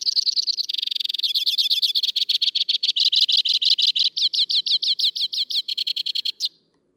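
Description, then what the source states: White-winged crossbill singing a long, fast series of dry chattering trills, switching between several rapid repeated note types, high-pitched and continuous for over six seconds, then stopping abruptly. North America.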